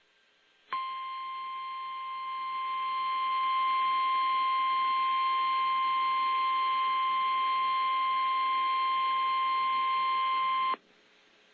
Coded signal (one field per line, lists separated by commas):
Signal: Emergency Alert System (SAME) tones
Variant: 1050 Hz attention tone